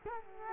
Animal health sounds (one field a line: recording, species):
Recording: mosquito wingbeat signal from an infrared sensor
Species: Culex quinquefasciatus